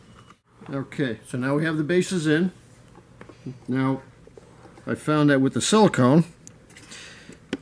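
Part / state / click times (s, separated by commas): plastic roof rail trim cover into roof rail channel / seated / 7.5 s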